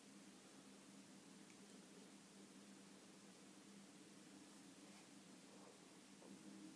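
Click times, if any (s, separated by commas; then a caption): none. During reassembly in an iPhone 5C screen/LCD replacement, a small metal shield piece is pressed down to go under its tab in the phone frame, expected to click in. Only a steady broadband hiss with a low hum and faint rustles is heard; nothing has seated or clicked, and the shield is left sticking up a little, to be held down with the original screws.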